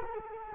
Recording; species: mosquito wingbeat signal from an infrared sensor; Culex quinquefasciatus